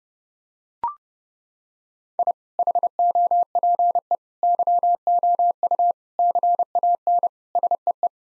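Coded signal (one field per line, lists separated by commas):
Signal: Morse code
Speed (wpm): 30 wpm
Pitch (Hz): 700 Hz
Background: none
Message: I HOPE YOU CAN SEE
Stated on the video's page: Head-copy drill of eight-word sets sent in Morse at 30 wpm, each set sent twice.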